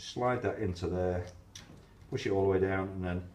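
A crocodile clip is slid along the rail and into the groove of a McMurdo S20 personal AIS beacon and pushed all the way down while someone talks. Only speech and faint handling noise are heard, and the clip has not yet snapped shut or clicked into place.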